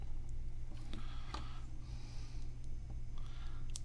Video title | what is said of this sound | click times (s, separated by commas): Getting to Know the EACHINE EX120 Brushed FPV Hexacopter | it in you hear it go snap | 3.8 s